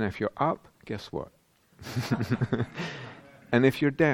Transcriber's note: laughter